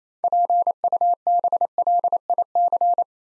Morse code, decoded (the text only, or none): PUBLIC